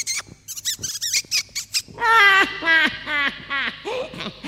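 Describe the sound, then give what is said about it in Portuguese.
A series of short, high-pitched mouse squeaks, first in quick scattered chirps, then louder, longer squeals repeating in a steady rhythm. “Para provar, neste instante, vou virar um camundongo.”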